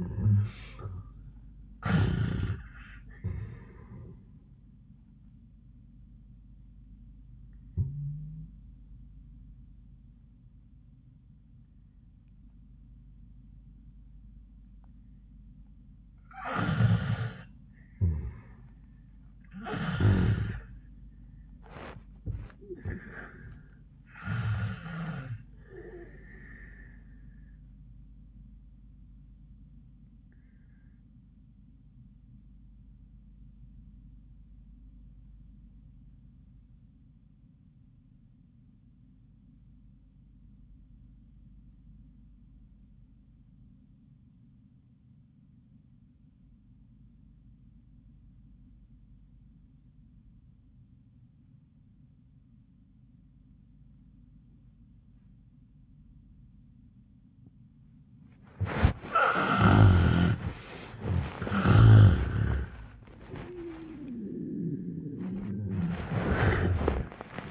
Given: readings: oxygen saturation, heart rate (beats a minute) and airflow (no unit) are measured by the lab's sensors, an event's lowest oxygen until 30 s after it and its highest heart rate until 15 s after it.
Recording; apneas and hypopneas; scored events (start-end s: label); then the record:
breathing in sleep by a smartphone at the bedside; 2
7.00-18.50 s: obstructive apnea (N1, oxygen 71% highest, then 71% lowest, heart rate 97 at the start, 107 highest)
12.00-67.51 s: new sleep stage, REM sleep
27.00-61.00 s: obstructive apnea (REM, oxygen 97% highest, then 66% lowest, heart rate 104 at the start, 105 highest)
From the record:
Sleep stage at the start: N1 (lightest sleep); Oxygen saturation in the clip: 60 to 97%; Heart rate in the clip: 73 to 107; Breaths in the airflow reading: 3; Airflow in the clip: -36.0 to 14.2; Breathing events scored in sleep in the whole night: 400 in 8.7 hours asleep